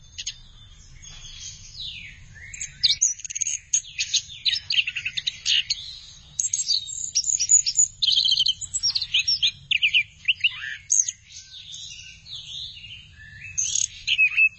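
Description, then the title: Thrush singing a long, energetic run of sharp chirps and whistles after a quiet start, with low background hum throughout. "burung anis x"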